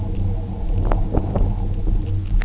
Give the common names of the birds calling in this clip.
none